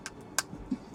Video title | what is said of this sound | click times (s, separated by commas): Building the MG RX-0 Unicorn Gundam+MS Cage, by Bandai. Part 3. | snap that in place | 0.4 s